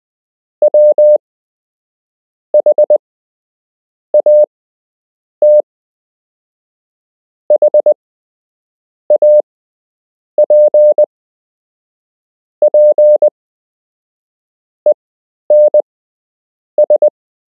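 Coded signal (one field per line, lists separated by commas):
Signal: Morse code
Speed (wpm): 20 wpm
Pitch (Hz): 600 Hz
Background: none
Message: WHAT HAPPENS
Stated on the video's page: Beginner Morse code lesson with real Morse to learn, part 6 of 8.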